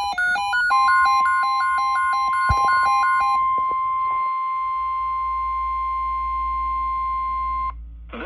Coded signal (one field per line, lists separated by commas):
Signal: Emergency Alert System (SAME) tones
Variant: 1050 Hz attention tone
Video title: Wakefield Required Weekly Test On KJY99